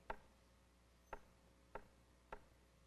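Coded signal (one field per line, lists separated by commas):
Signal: tap code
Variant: Vietnam POW 5x5 tap code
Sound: one knock, a pause, then three slower evenly spaced knocks on a hard surface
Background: quiet room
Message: C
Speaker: was just change the cadence and you knew it was a K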